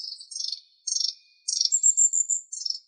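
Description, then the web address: Long-tailed tit giving high, thin calls in several short chirpy bursts over three seconds, with a longer drawn-out high note in the second half. "Aegithalos caudatus"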